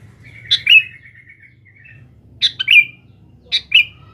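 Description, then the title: Sooty-headed bulbul song: three short bubbly phrases, each a sharp note sliding into a clear whistled tail, spaced about one to two seconds apart, over a faint low hum. "Kutilang"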